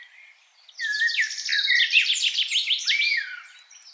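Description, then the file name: Common blackbird phrase: a sudden dense run of high chirps and downward-slurred whistles lasting nearly three seconds, then fading. "Turdus merula"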